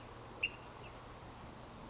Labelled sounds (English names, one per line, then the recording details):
California Towhee
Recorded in Sonoma County, California